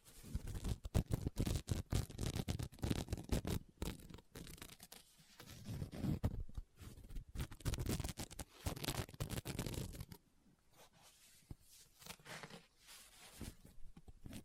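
Someone handles a book, with quick taps, scratches and rustling page sounds. Dense bursts of crisp tapping and scraping fill the first ten seconds, then the activity thins to softer, sparser scratches and brushes with short gaps of quiet.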